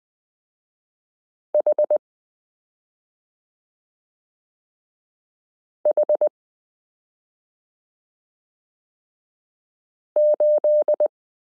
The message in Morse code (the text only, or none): HH8